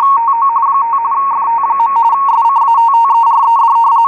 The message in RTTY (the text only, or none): TO 5 FT. SCATTERED